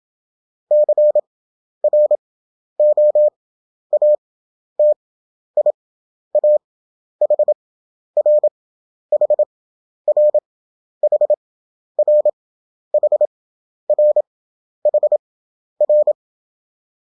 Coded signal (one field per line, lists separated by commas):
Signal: Morse code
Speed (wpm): 28 wpm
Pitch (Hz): 600 Hz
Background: none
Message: CROATIA HR HR HR HR HR